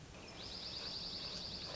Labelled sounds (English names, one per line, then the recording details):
Dark-eyed Junco
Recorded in Sonoma County, California